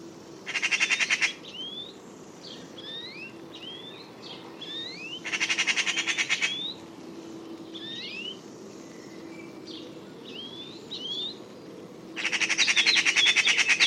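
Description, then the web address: Bird calls: quick rising whistled slurs repeated many times, broken by three loud buzzy rattling bursts, over a steady low hum. "cianscape birddata Deverinetal"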